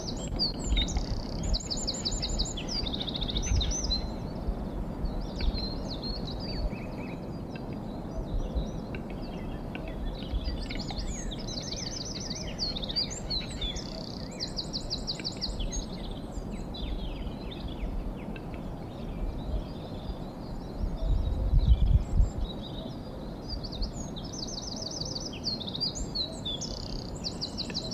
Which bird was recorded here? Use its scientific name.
Troglodytes troglodytes